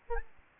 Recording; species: mosquito wingbeat signal from an infrared sensor; Aedes albopictus